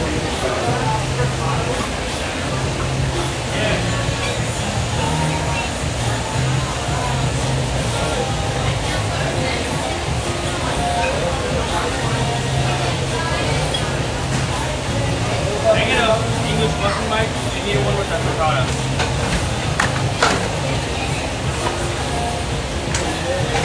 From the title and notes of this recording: Sunday breakfast out in Phoenix, Arizona. The sounds of the kitchen preparing meals, dishes and utensils clanging about, and some light conversation from the cooks. Restaurant sounds.